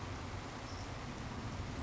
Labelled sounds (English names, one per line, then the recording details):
Savannah Sparrow
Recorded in Sonoma County, California